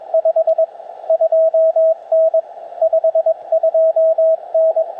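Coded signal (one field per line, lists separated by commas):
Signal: Morse code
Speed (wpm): 21 wpm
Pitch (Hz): 590 Hz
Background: radio noise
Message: 52N 52N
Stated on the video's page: POTA CW activation with Yaesu FT-891, ATAS-120A antenna and pocket paddles, working DX on 10m and 17m.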